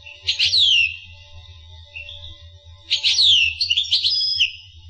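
Finch song in two short bursts about two and a half seconds apart, each opening with sharp notes and a descending whistled slur; low electrical hum throughout.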